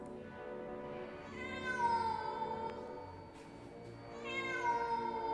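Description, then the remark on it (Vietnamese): A white cat lets out two long, piercing yowls, each rising into a shrill, drawn-out wail with a mournful sliding pitch, loud and alone with no talking. “Rồi bỗng nhiên, nó kêu lên một tiếng đinh tai thảm thiết.”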